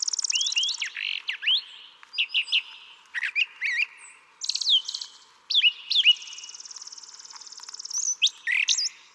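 Brown thrasher song, a nearly continuous medley of high buzzy trills, rapid chirps and swooping whistles, with phrases changing quickly.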